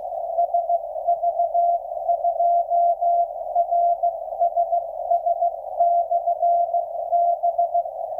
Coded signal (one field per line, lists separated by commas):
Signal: Morse code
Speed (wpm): 15 wpm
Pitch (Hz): 690 Hz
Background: radio noise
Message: SV2RSS/B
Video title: SV2RSS/B 10 meter beacon received in Amsterdam